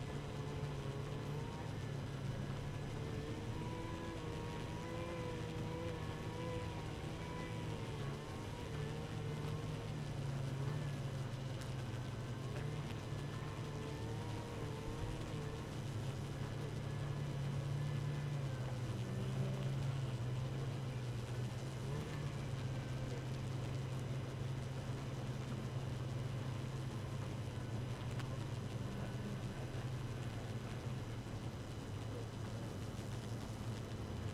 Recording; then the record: honeybee colony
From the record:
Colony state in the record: active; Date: 12 June 2018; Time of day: 4:18